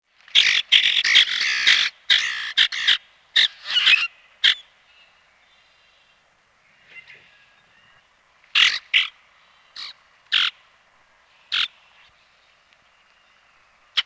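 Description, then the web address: Common grackle harsh, clipped chack calls, several in a quick burst over the first four and a half seconds, then spaced single notes after a quiet gap, with faint chatter underneath. Recorded in North America. "Peterson North American Birds iso sound cogr"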